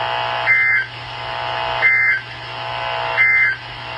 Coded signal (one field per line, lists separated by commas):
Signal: Emergency Alert System (SAME) tones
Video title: Western Texas Severe Weather Alerts 5/30 & 5/31/21 (EAS #726-742)